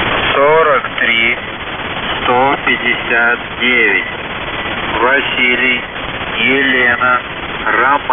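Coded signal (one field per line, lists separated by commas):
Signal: channel marker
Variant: The Goose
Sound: repeated nasal goose-like honks and cackles in short bursts over hiss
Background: radio static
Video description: "The Goose" is a Russian military station that broadcasts on 4310 kHz at daytime and on 3243 kHz at nighttime.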